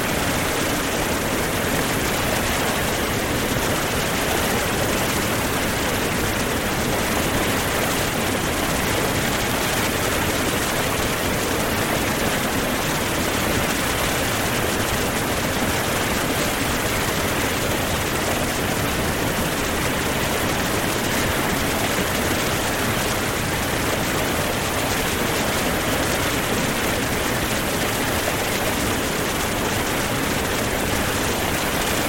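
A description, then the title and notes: A crashing waterfall roars in a steady, dense wash from deep low rumble to bright hiss, unchanging for the whole half minute. Sounds of a Waterfall - White noise. Over 2 hours of crashing waterfall noises.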